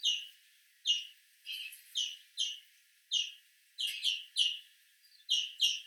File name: Chloris chloris